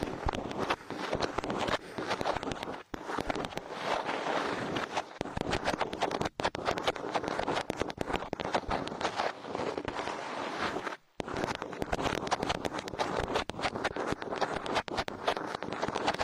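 Ear cleaning massage: a dense, continuous scratching and rubbing that rustles and crackles from deep rumble to bright hiss, with a blustery, wind-like roughness. It pauses briefly near 3, 5 and 6 seconds, and goes quiet for a moment around 11 seconds.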